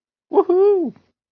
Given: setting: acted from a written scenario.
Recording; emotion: vocal sound without words; triumph